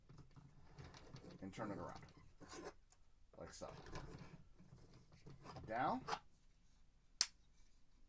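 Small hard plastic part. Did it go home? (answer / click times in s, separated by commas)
yes / 7.2 s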